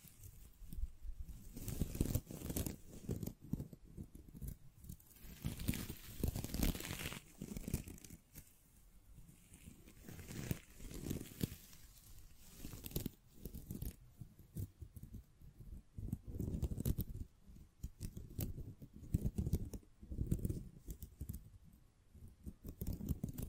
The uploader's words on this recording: ASMR Brain NUMBING Triggers Scratching, Tracing, Tapping (No Talking).